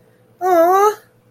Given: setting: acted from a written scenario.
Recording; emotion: vocal sound without words; adoration